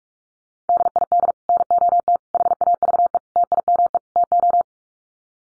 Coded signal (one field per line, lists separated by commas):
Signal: Morse code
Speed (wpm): 44 wpm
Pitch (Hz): 700 Hz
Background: none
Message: DID NOT HAVE TIME TO